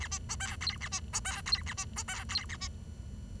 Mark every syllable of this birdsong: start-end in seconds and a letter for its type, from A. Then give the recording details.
0.00-0.07 A, 0.11-0.18 B, 0.29-0.35 C, 0.40-0.56 D, 0.61-0.77 E, 0.81-0.88 A, 0.92-1.00 B, 1.13-1.20 C, 1.25-1.41 D, 1.46-1.62 E, 1.66-1.73 A, 1.77-1.85 B, 1.96-2.03 C, 2.08-2.24 D, 2.29-2.45 E, 2.49-2.57 A, 2.60-2.68 B. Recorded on 23 June 2012 at 10:42. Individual gr41rd51